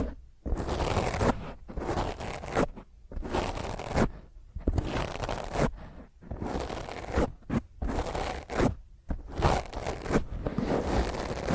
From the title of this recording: Intense Rough Mic Scratch using HandNails